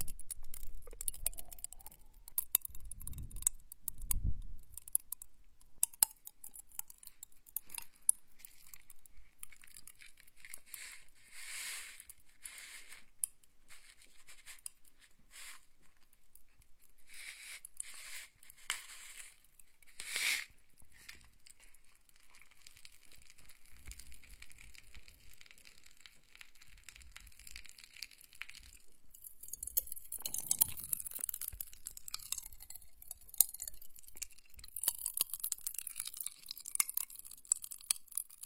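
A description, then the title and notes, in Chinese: Popping candy crackles in a wet mouth, with dense tiny snaps and moist smacking sounds throughout. A couple of soft low thumps come early, and from about thirty seconds on a bright, hissing fizz swells over the crackle. 跳跳糖 口腔音 湿漉漉。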